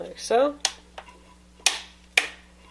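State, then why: Seated. Someone talks while pressing the plastic bottom cover of a Samsung Series 7 Ultra laptop along its edge into the chassis, and further clips snap into place with sharp clicks at 1.7 s and 2.2 s. The cover is seated, its clips snapping home much like a smartphone cover.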